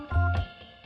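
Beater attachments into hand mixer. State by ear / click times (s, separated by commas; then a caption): not seated / none. Two metal beater attachments are lined up and pushed toward the sockets of an electric hand mixer while organ music plays in the background. No clear click stands out over the music, and nothing has seated or clicked into place yet.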